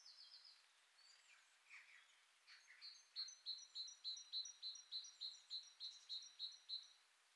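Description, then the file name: Great tit calling, a few scattered high chirps giving way to a steady series of sharp, high notes repeated roughly three times a second. "Parus major"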